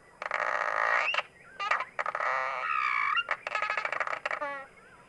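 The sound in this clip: Cliff swallow song: loud rasping, grating buzzes alternating with squeaky slurred notes and stuttering clicks, in several bursts.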